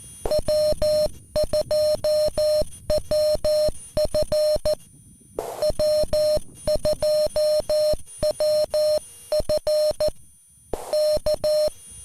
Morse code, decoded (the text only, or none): W2WF W2WF K